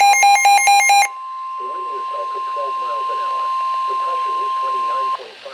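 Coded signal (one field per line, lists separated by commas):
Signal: Emergency Alert System (SAME) tones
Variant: 1050 Hz attention tone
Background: speech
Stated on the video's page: Tornado Warning from the NWS State College office, relayed by NOAA Weather Radio transmitter at Hibernia Park, PA, received on a Midland WR-100.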